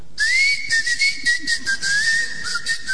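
Someone whistles a tango melody in a clear, steady tone, the pitch gliding gently up and down through a continuous phrase, with a soft hiss behind it and no talking.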